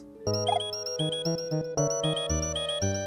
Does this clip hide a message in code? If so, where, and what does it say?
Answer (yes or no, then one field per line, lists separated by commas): no